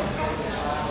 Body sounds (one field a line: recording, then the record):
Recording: background sound without coughing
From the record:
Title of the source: 40 min - Ambience sounds UNIVERSITY lunchroom chatting